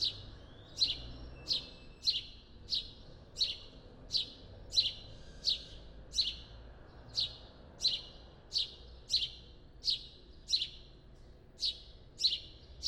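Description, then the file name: House sparrow repeating a single clipped chirp over and over, around twenty calls at an even pace, over faint low background noise. "Passer domesticus"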